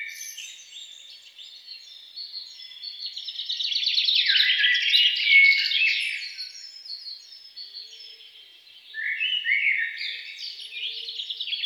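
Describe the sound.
Songbird pouring out high, rapid twittering song that swells in the middle, dips quietly, then returns with a second burst of chirps.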